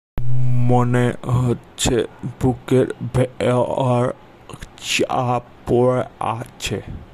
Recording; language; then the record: elicited speech; Bengali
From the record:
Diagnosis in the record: Broca's or global aphasia after a stroke